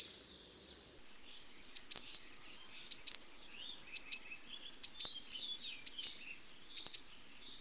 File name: Mesange bleue